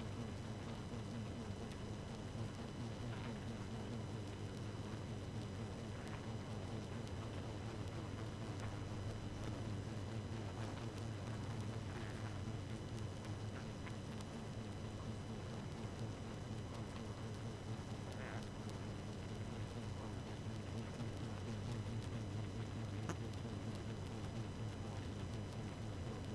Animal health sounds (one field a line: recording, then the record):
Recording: honeybee colony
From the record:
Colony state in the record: active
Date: 12 June 2018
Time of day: 0:33